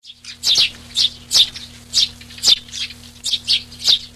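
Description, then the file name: Eurasian tree sparrow calls, short chirps in a quick series about every half second, with a faint hum in the background. "Pasmontanus"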